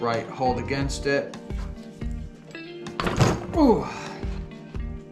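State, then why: Released. A flywheel puller is tightened against the crankshaft of a CR85 small two-stroke motorcycle engine while someone talks over background music. At 3.0 s the steel flywheel breaks free of its crankshaft taper with a sharp pop and comes loose.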